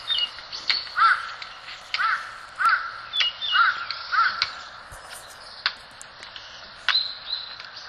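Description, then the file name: Red-billed leiothrix harsh calls: a run of several rough, scolding notes, with scattered higher chirps and thin whistles between them. Recorded in Sasakubo valley. "ソウシチョウ 笹窪谷Ｐ"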